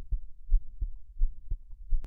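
Soft, low, steady lub-dub thumps of an adult heart in a regular paired rhythm, about 85 beats a minute, with a faint low hum underneath. A plain heartbeat with an even rhythm, a calming sound to focus on while breathing deeply.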